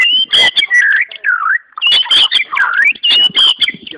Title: murai batu